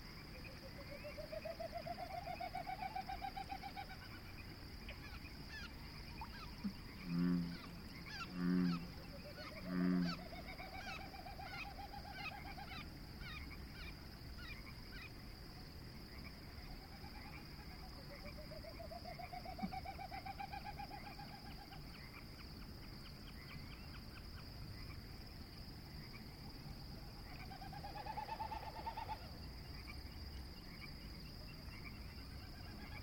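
Frogs and snipe in the evening: a thin, steady high whine runs throughout, while a rising, wavering whistle sweeps in roughly every eight seconds. Three low, hollow knocks come close together around seven to ten seconds, over a soft rumble.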